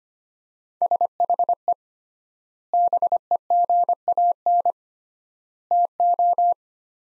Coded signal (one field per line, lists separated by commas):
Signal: Morse code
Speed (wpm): 25 wpm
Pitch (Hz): 700 Hz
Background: none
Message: SHE BEGAN TO